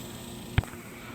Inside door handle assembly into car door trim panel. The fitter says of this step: that top up, and then pop it down in place.